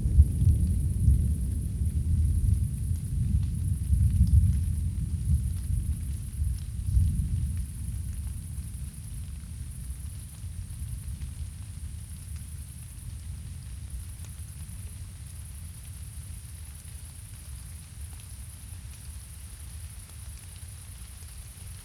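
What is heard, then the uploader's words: A long roll of storm thunder rumbles low for several seconds, then slowly fades, while a steady high hiss hangs above throughout. A Summer Storm. A big storm rolled in over Tübingen one summer evening. Recorded in the forest on the hill above our place, just as the first rain hit.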